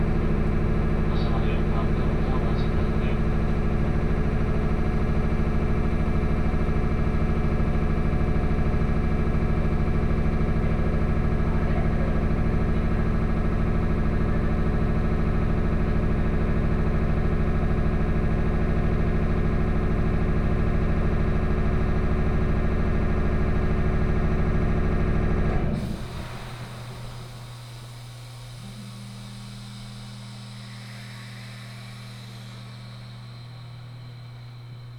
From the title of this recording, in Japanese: 仙石線 普通 松島海岸→石巻